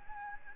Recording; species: mosquito wingbeat signal from an infrared sensor; Aedes albopictus